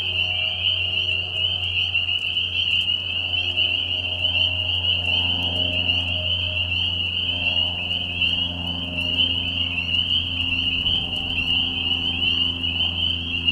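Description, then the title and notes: Spring peeper chorus of high, piercing peeps blended into a continuous ringing drone, over a steady low hum throughout. Mating call chorus in a marsh at night during a very short spring season, Tiny Marsh Conservation Area, Tiny, Ontario; high whistles at low volume. "Peeper frogs in the spring. This is a recording made of Peeper frogs in a marsh at night. This is a mating call that happens during a very short season in the Spring. Recorded at the Tiny Marsh Conservation area in Tiny, Ontario. Recorded by Anton Pickard. Music for Sleep project"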